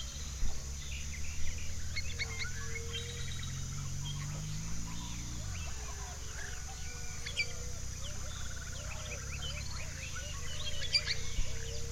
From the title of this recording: April Sunrise in the Orchard